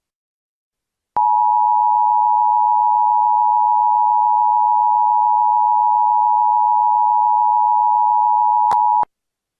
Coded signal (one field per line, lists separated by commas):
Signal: Emergency Alert System (SAME) tones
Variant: 853 and 960 Hz attention tone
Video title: EAS Scenario - SCP-Vyonders